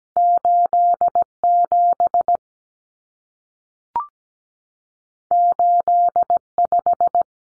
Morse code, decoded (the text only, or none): 87 85